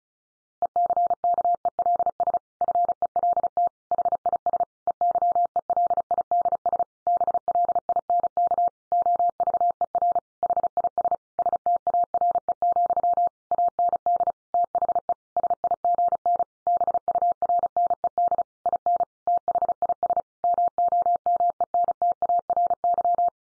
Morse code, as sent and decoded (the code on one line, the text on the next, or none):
. -.-. -.- . .-.. ... / ..-. . .-.. - / .... .. ... / . -.-- . .-.. .. -.. ... / -... .-.. .. -. -.- / --- ...- . .-. / .... .. ... / ... - .- .-. . --..-- / .- -. -.. / - .... . / ... .. --. -. / -... ..- .-. -. . -.. / .. -. / - .... .. ... / -- --- -- . -. - .- .-. -.--
ECKELS FELT HIS EYELIDS BLINK OVER HIS STARE, AND THE SIGN BURNED IN THIS MOMENTARY